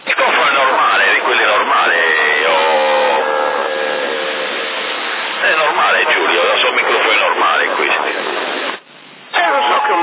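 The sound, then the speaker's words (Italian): A tinny, band-limited voice crackles over a CB radio, talking almost nonstop with a hollow, echoing quality from an echo chamber used with an amplified microphone, then cuts out briefly before returning near the end. “se stai usando una camera eco non è che puoi usare il microfono amplificato anche, no?”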